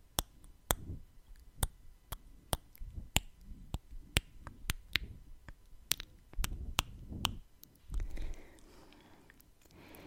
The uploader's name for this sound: Tongue clicking, Kissing sounds, Breathing, Face Touching